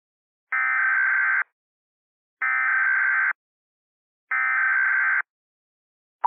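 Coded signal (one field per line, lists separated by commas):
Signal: Emergency Alert System (SAME) tones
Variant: header bursts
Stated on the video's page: Remastered fictional EAS scenario about an airborne virus.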